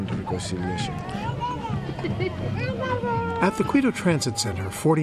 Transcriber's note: the sound of crying babies